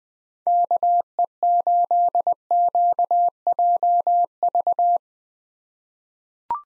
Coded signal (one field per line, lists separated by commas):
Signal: Morse code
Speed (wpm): 20 wpm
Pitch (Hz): 700 Hz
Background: none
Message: KE8QJV